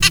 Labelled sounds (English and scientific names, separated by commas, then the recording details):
Zebra Finch (Taeniopygia guttata) hat call
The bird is a female
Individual fem5